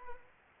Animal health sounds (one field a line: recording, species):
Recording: mosquito wingbeat signal from an infrared sensor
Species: Anopheles arabiensis